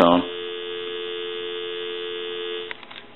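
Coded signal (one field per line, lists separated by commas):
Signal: telephone call progress tone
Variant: North America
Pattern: dial tone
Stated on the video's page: Heard on a Western Electric Sculptura donut telephone during initial checkout and repair.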